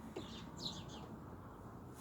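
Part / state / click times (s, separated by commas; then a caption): torque wrench on the rear shock absorber mount nut / not seated / none. A torque wrench sits on the rear shock absorber mount nut of a Citroën Evasion 2.0 HDi while tightening begins. Only a steady low rumble is heard, with faint high-pitched chirps in the first second. The wrench has not clicked yet.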